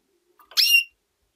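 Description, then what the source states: Canary call: one short note with bright overtones, preceded by a faint soft sound. Female.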